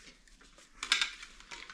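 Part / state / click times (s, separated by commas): neck roll into motorcycle helmet shell / seated / 0.8 s, 0.9 s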